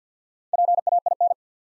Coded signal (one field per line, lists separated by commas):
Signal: Morse code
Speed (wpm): 50 wpm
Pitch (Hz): 700 Hz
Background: none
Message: PAIN